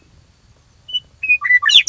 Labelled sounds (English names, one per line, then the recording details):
Western Meadowlark
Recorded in Sonoma County, California